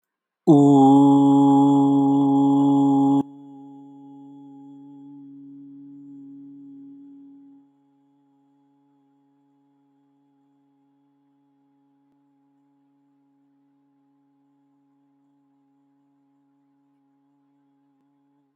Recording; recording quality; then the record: sustained vowel as in boot; excellent, no background noise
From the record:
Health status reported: healthy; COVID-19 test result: negative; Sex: male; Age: 26 years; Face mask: not worn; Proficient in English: yes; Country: India